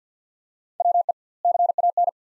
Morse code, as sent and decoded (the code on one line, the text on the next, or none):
.-- . / -.-. .- -.
WE CAN